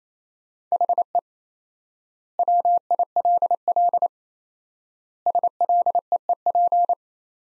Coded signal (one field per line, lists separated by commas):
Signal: Morse code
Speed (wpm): 27 wpm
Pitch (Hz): 700 Hz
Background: none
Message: HE WILL SLEEP